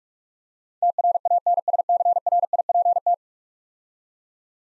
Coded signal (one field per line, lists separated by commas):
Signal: Morse code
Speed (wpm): 45 wpm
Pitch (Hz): 700 Hz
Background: none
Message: TRANSCRIPT